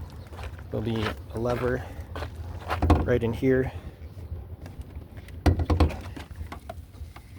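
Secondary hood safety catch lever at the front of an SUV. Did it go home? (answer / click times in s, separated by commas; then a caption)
released / 5.5 s. Someone talks while the secondary hood safety catch lever near the middle of the front of a 2011–2023 Dodge Durango SUV is worked. The catch releases with a sharp click at 5.5 s, followed by rattles as the hood lifts, so the hood safety catch is released.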